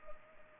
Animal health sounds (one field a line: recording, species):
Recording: mosquito wingbeat signal from an infrared sensor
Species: Culex pipiens